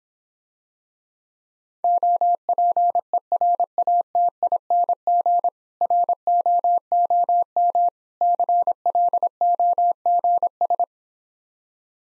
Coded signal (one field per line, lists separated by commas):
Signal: Morse code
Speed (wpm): 26 wpm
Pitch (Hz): 700 Hz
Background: none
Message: OPERATING ROOM CLOGS